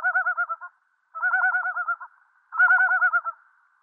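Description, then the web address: Yellow-billed loon giving a quavering tremolo call, three wavering bursts each under a second, separated by short gaps, steady pitch, no other sounds. "Schulze Peter Yellow-billed Diver"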